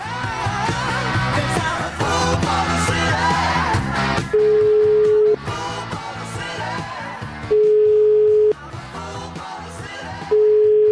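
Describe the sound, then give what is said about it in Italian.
An outgoing call's ringback tone from the radio show La Zanzara in Milan, calling politician Franco Antonio Genovese at 20:25 Italian time, sounds three times, each a steady mid-pitched beep about a second long with pauses between, laid over loud, busy background music. “Io una telefonatina alle 20:25, ora italiana, Milano, la Zanzara, gliela farei.”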